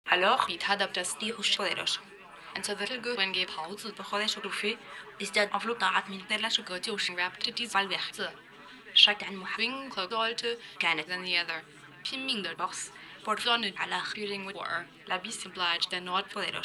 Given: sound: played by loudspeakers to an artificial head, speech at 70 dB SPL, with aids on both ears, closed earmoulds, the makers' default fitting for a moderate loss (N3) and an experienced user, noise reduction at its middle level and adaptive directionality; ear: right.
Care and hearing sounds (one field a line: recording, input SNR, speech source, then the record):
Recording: speech test signal (ISTS) in cocktail-party noise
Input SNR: +9 dB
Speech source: on the right (90 degrees)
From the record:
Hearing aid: class 1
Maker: E